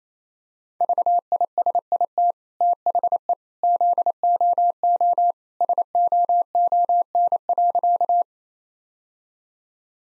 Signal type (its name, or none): Morse code